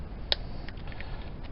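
An internal part is pushed into the body of a cleaned, roughly 1989 Zebco 33 Rhino Tough spincast fishing reel during reassembly, after not being all the way in. A sharp, loud click at 0.3 s marks the part seating fully home, followed by a few faint ticks around 0.7, 0.9 and 1.0 s.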